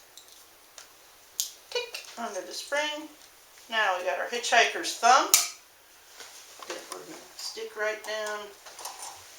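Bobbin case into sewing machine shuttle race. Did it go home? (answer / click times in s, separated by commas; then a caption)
no / none. A threaded metal bobbin case is handled and lined up with its latch thumb pointing up to be pushed down into the shuttle race of a vintage Sterling 100 Deluxe sewing machine, with small metallic taps and clicks of handling while someone talks. Nothing has seated or clicked into place yet.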